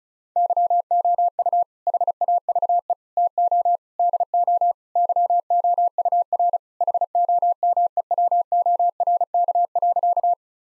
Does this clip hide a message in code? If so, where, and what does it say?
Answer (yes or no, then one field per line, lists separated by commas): yes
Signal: Morse code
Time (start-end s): 0.4-10.3 s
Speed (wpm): 36 wpm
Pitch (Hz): 700 Hz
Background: none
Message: YOU HAVE TO DO YOUR HOMEWORK.